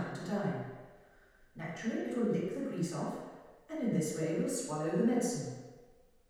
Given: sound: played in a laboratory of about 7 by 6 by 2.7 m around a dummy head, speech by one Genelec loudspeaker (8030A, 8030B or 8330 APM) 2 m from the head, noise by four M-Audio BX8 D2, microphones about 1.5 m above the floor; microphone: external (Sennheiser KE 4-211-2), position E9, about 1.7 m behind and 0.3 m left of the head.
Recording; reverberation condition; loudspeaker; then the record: female speech in English; high; 30 degrees to the left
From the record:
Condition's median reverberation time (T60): about 1300 ms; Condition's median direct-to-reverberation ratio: about -4.0 dB